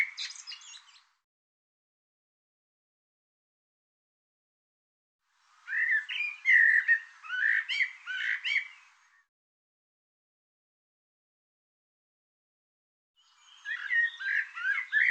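Bird song: three bursts of rapid, varied chirps and buzzy notes separated by long silences.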